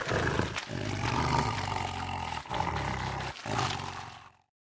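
Lion roaring: a harsh, rasping, continuous growl lasting about four and a half seconds, with brief breaks before fading out.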